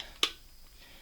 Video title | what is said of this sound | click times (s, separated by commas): Vertus Helmet Review | we go so it's clipped in fully now | 0.2 s